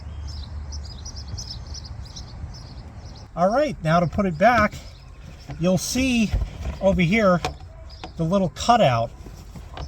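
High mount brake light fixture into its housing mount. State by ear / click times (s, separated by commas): seated / 1.4 s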